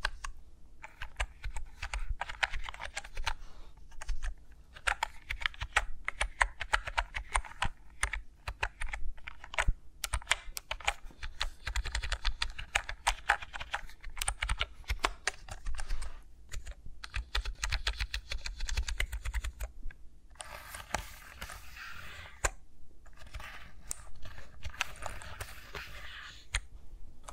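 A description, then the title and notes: Fingers move against microphones in a no-talking ASMR recording, making dense, rapid clicks and taps much like keyboard typing. The tapping runs almost continuously with brief pauses near 10, 16 and 20 seconds, over a steady low rumble; the last stretch turns softer and hissier. ASMR with Mics Around My Fingers (No Talking).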